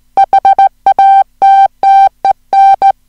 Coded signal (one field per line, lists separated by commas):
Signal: Morse code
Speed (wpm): 17 wpm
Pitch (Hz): 780 Hz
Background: music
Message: HATTEN